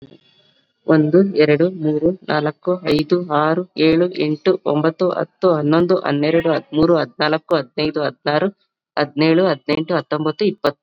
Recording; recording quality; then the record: counting at a fast pace; excellent, no background noise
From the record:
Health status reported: COVID-19 positive, mild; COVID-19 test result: positive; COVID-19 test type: RT-PCR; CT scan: not taken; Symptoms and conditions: cough, fever, fatigue, muscle pain, diabetes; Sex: female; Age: 36 years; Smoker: no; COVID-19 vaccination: both doses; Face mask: worn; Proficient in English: yes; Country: India